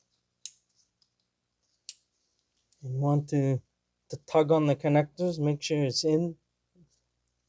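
On a 2017 Toyota Corolla 1.8 after a spark plug change, wiring harness connectors are pushed onto the ignition coils. Two sharp clicks at 0.5 s and 1.9 s mark each connector seating. Someone then talks.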